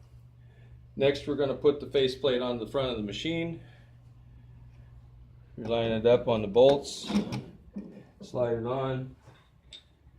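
Someone talks while the metal face plate of an Oceanpower soft serve machine is lined up on the front mounting bolts, ready to be slid on and secured with hand screws. A brief, faint knock is heard near 9.7 s. Nothing has seated or clicked yet.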